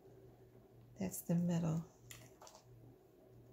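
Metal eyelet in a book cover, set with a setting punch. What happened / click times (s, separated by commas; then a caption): The eyelet fails to set / none. A metal eyelet is squeezed through a book cover with an eyelet-setting punch while someone talks, followed by a few faint, brief squeaks and taps. Nothing has clicked or seated yet, and the eyelet has not set.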